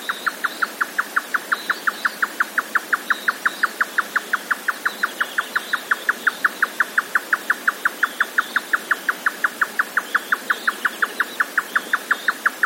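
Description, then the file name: Grey nightjar churring song of fast, evenly spaced tapping notes running without a break. "yotaka"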